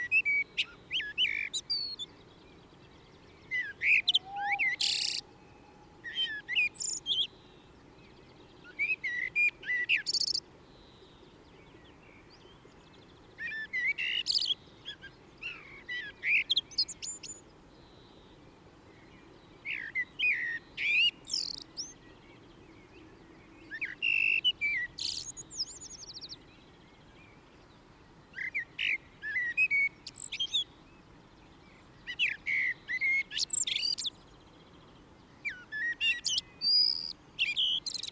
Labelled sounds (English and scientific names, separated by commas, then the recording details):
Common Blackbird (Turdus merula) song
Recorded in the wild
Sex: male
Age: adult
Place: Garmisch-Partenkirchen, Bayern, DE
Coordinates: 47.4925, 11.0739
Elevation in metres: 709
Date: 1969-04-10
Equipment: Original Vollspur
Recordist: Tretzel, Erwin